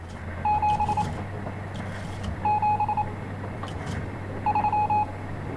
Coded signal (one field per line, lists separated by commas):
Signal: Morse code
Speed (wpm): 28 wpm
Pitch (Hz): 840 Hz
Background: none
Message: 7 7 3